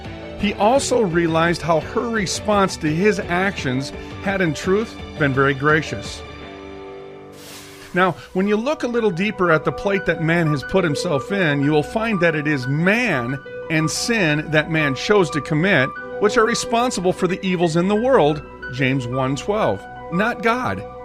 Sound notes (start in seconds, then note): 7.3 air whooshing; 7.4 music softens